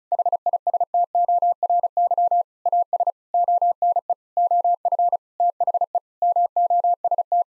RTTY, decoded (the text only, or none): none